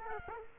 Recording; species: mosquito wingbeat signal from an infrared sensor; Culex quinquefasciatus